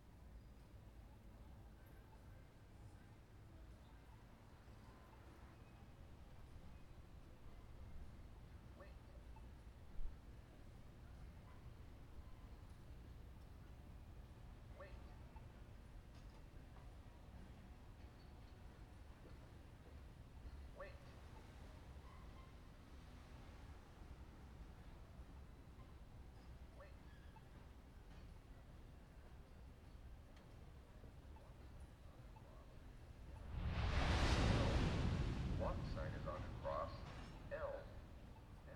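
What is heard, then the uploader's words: Steady city rumble and faint voices fill a sidewalk, a click near ten seconds, then a train roars past around thirty-four. City sidewalk.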